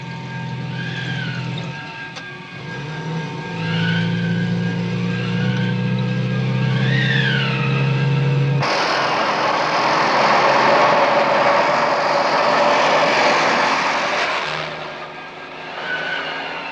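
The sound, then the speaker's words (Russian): A car engine hums low and steady with faint chirping overhead, then a loud, broad rushing roar takes over for several seconds as the vehicle draws up, before easing back toward the engine drone. “Видят подъезжающую машину и прыгают во враг.”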